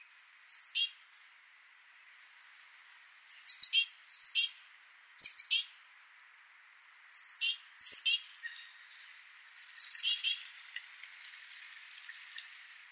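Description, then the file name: Great tit calls: short bursts of two or three high, sharp, downslurred notes, repeated at irregular intervals. "Parus major"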